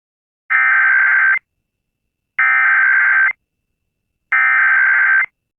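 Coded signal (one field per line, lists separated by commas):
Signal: Emergency Alert System (SAME) tones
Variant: header bursts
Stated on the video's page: Mock alert, not a real activation.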